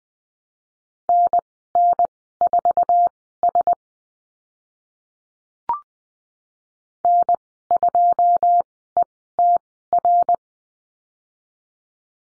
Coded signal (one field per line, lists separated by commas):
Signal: Morse code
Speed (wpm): 20 wpm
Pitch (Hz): 700 Hz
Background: none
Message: NN4S N2ETR